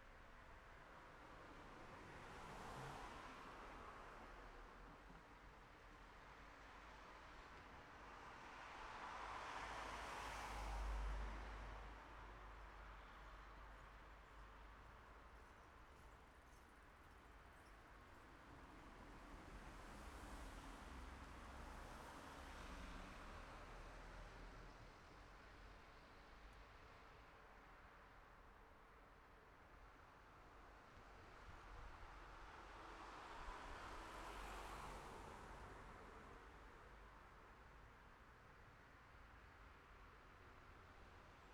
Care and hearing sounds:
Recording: everyday scene through a hearing-aid microphone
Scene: in traffic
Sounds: traffic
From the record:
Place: city secondary road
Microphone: behind the ear, left, front

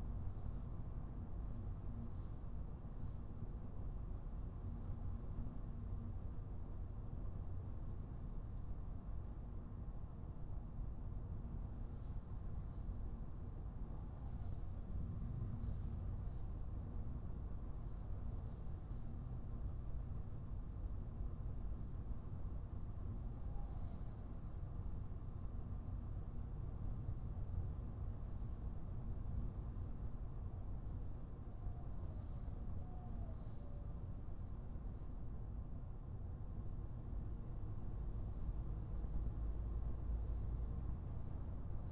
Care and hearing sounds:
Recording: everyday scene through a hearing-aid microphone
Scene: in a vehicle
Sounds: engine, highway driving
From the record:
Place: Skoda Fabia, gasoline engine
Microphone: behind the ear, right, front

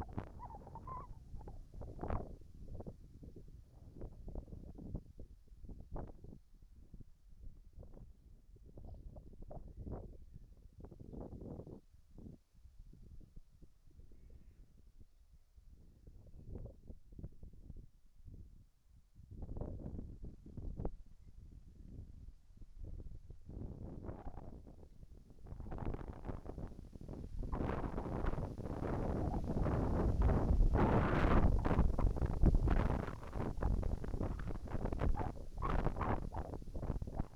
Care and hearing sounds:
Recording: everyday scene through a hearing-aid microphone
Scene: wind on the microphone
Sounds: wind, whistling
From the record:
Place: in front of a rural house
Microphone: behind the ear, right, rear

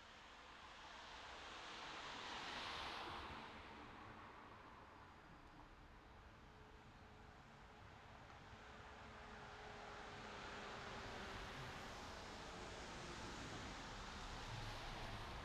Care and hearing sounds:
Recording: everyday scene through a hearing-aid microphone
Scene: in traffic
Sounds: traffic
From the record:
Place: city secondary road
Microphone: in the ear canal, left

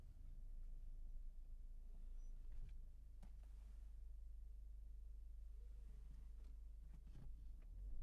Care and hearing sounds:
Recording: everyday scene through a hearing-aid microphone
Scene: in a vehicle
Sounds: engine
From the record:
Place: Berlingo II, diesel engine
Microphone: behind the ear, left, front

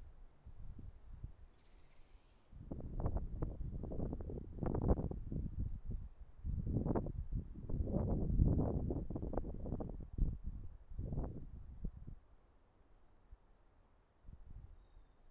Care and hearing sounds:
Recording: everyday scene through a hearing-aid microphone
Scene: wind on the microphone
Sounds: wind, traffic, birds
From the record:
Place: suburban garden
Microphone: behind the ear, right, front

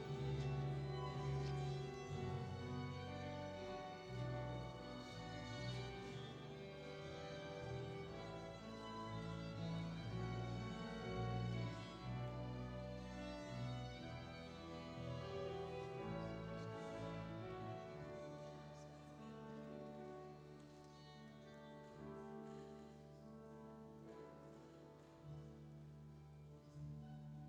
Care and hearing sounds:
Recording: everyday scene through a hearing-aid microphone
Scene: reverberant space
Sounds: music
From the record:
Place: church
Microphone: in the ear canal, left

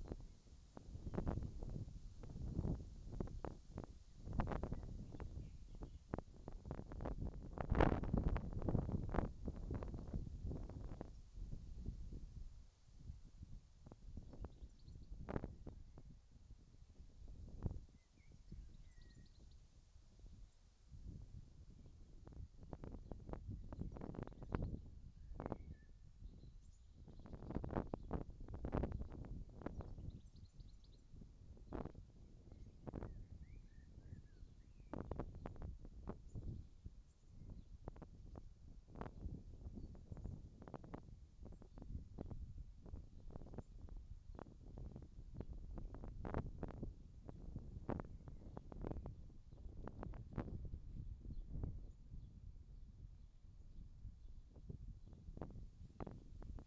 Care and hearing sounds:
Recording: everyday scene through a hearing-aid microphone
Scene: wind on the microphone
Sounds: wind, whistling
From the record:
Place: in front of a rural house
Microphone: in the ear canal, left

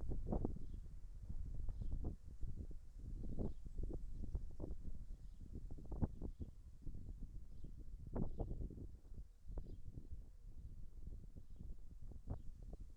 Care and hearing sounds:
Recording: everyday scene through a hearing-aid microphone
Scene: wind on the microphone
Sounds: wind, birds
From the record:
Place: in front of a rural house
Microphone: behind the ear, right, front

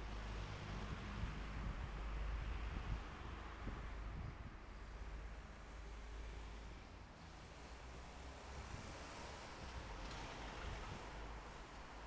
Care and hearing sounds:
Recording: everyday scene through a hearing-aid microphone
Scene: in traffic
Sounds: traffic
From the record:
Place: bus stop on a city main road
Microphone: behind the ear, left, front

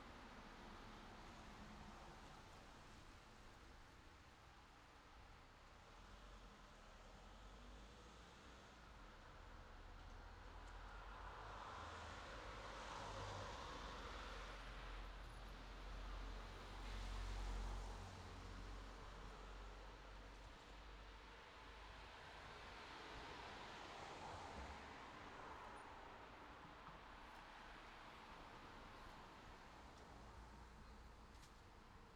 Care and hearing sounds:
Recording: everyday scene through a hearing-aid microphone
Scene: in traffic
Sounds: traffic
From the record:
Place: city secondary road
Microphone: in the ear canal, left

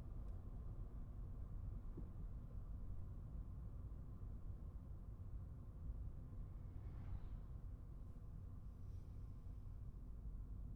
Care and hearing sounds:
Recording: everyday scene through a hearing-aid microphone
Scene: in a vehicle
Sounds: engine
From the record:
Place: Skoda Fabia, gasoline engine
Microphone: behind the ear, right, front

